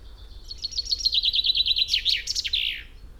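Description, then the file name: Common chaffinch song: a fast run of repeated notes dropping gradually in pitch, breaking into a brief flourish at the close. "Fringilla coelebs"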